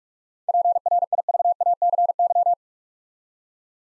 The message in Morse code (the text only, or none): PRIVACY